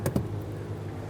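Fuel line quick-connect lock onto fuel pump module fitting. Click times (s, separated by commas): 0.1 s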